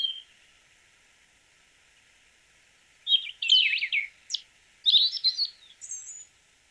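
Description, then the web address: Slaty thrush song: a faint note and a quiet pause, then two bursts of high, squeaky, jumbled twittering notes, then a brief thin whistle. "cantos zorzalplomizo"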